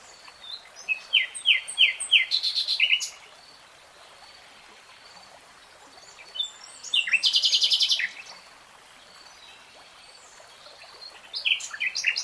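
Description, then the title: Nightingale song in bursts: descending chirps and a harsh buzzy note, a long pause, another buzzy phrase, then chirps resuming. Singing, heard in real time. "[Tiếng chim hót] REALTIME Nightingale Singing"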